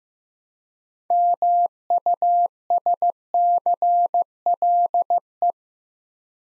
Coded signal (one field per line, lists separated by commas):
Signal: Morse code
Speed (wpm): 15 wpm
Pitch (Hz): 700 Hz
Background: none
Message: MUSCLE